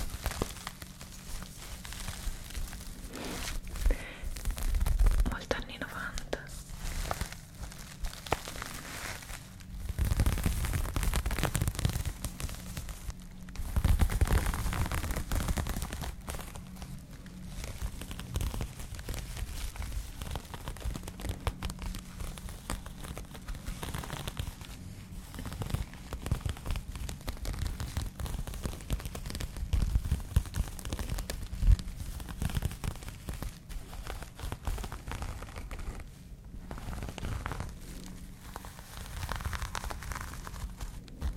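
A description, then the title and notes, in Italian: Fingernails scratch and rake through a crocheted bag, making a dense, dry crackling that runs without pause for the whole recording. Louder, rougher strokes come in bursts around 5, 10, 14 and 30 seconds, over a faint low hum. Delle unghie fra una borsa fatta all'uncinetto.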